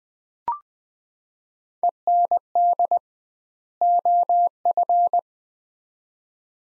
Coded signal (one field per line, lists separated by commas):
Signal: Morse code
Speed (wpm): 20 wpm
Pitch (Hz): 700 Hz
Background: none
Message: END OF